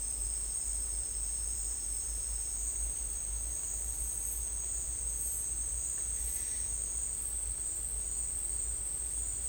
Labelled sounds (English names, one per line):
none